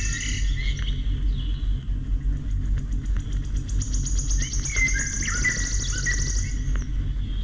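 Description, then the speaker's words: Wood Warbler song, a quickening series of high dry ticks running into a shivering trill, with a Common Blackbird's fluting whistles and a steady low rumble. Interrupts the song of a Common Blackbird singing in the distance. "Его перебивает пеночка-трещотка."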